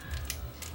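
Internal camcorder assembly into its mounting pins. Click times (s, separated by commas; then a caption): 0.3 s. An internal assembly of an old Sony CCD-TRV72 Hi8 camcorder, being repaired because its controls are not working, has its pins lined up and is slid back and pressed into its plastic mount. A sharp snap at 0.3 s, over a low steady hum, marks it seating in place.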